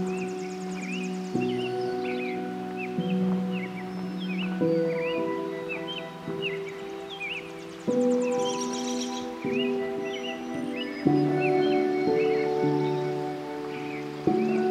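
Frequent bright birdsong chirps ride over steady, ringing low tones like singing bowls that shift pitch every second or two, with a brief rustling burst near nine seconds.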